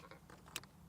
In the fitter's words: and it should click into place